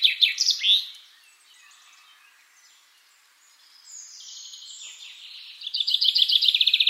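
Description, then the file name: Common chaffinch song: the end of one phrase with a sweeping flourish at the start, then the rapid repeated notes of a new phrase beginning, over faint background birdsong. "Fringilla coelebs"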